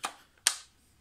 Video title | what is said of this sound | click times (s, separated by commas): Présentation du T21 produit par ARES | s'enclenche très bien y'a pas de soucis | 0.5 s